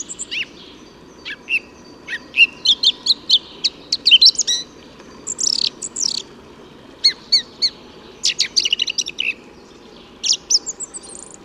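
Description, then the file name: Song thrush song: varied high phrases, several notes repeated two or three times in quick bursts, with short pauses between phrases. "Singdrossel Gesang"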